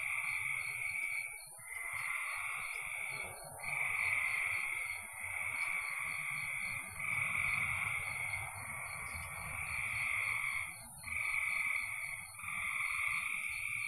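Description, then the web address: Frogs producing loud, buzzy trills in long stretches broken by brief gaps, with a constant high whine and a dense low rumble throughout. "cn frogs"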